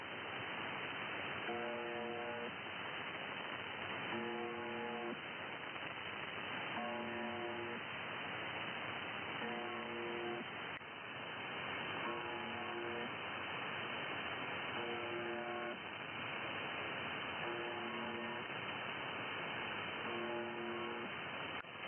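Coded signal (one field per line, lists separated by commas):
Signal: channel marker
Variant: UVB-76 (The Buzzer)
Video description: First attempts on picking up the buzzer seem to work well.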